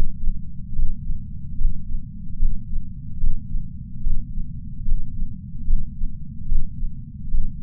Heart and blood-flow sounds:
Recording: heart sounds by patch sensor on the chest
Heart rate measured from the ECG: 73 bpm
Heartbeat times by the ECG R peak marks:
0.76 s: heartbeat
1.59 s: heartbeat
2.40 s: heartbeat
3.21 s: heartbeat
4.04 s: heartbeat
4.86 s: heartbeat
5.68 s: heartbeat
6.49 s: heartbeat
7.32 s: heartbeat
From the record:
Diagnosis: coronary artery disease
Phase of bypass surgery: postoperative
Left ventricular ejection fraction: 43.8%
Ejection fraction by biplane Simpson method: 45%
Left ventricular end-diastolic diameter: 59 mm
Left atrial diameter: 36 mm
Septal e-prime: 6.9 cm/s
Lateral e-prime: 6.4 cm/s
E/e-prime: 9.2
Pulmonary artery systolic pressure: 22 mmHg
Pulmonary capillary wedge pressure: 19 mmHg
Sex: male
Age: 57 years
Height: 183 cm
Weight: 85 kg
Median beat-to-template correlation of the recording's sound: 0.89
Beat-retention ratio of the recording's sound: 0.99

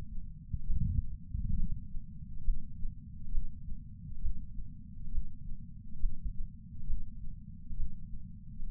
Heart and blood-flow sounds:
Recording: heart sounds by patch sensor on the chest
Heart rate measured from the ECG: 68 bpm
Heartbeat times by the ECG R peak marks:
0.64 s: heartbeat
1.54 s: heartbeat
2.41 s: heartbeat
3.29 s: heartbeat
4.19 s: heartbeat
5.09 s: heartbeat
5.97 s: heartbeat
6.84 s: heartbeat
7.74 s: heartbeat
8.63 s: heartbeat
From the record:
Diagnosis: coronary artery disease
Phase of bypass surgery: preoperative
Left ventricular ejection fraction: 60.1%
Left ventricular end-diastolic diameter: 44 mm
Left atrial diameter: 42 mm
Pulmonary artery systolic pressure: 26 mmHg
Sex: female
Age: 80 years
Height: 156 cm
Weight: 70 kg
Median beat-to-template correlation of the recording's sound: 0.93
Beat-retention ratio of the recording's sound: 0.99

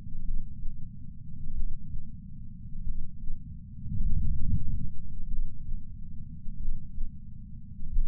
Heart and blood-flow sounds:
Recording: heart sounds by patch sensor on the chest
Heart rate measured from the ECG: 47 bpm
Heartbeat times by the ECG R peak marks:
0.22 s: heartbeat
1.53 s: heartbeat
2.84 s: heartbeat
4.03 s: heartbeat
5.28 s: heartbeat
6.57 s: heartbeat
7.90 s: heartbeat
From the record:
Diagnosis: coronary artery disease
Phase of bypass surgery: preoperative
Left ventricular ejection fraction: 64.4%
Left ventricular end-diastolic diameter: 51 mm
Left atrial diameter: 41 mm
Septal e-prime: 7.3 cm/s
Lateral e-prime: 10.3 cm/s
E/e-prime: 10.1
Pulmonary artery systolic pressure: 25 mmHg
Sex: male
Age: 59 years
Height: 168 cm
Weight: 81 kg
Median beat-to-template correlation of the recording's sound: 0.86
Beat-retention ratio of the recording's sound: 0.96

